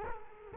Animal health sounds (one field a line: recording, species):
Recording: mosquito wingbeat signal from an infrared sensor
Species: Culex quinquefasciatus